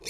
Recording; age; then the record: pig call; weaner (32 to 43 days)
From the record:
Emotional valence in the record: negative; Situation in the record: novel object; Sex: female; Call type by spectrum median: high-frequency call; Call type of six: high-frequency stable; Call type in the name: high-frequency stable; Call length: 0.10 s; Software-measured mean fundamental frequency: 426 Hz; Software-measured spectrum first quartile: 1898 Hz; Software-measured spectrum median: 4269 Hz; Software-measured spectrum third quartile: 6574 Hz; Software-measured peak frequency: 2343 Hz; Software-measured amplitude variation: 141 dB a second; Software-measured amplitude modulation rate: 4.7 a second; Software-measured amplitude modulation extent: 29.7 dB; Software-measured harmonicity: 0.7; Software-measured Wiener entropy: -2.52